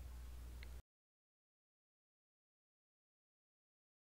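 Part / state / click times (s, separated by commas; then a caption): laptop battery into laptop chassis battery bay / seated / 0.6 s. A laptop battery pack is installed into the battery bay in the bottom of a plastic Sony Vaio laptop chassis, with its latch pulled slightly so it snaps into place. Over a low steady background hum, a single short, sharp click sounds at 0.6 s, then the clip falls silent from about 0.8 s. The battery is seated with its latch snapped into place.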